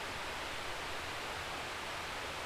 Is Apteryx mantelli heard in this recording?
no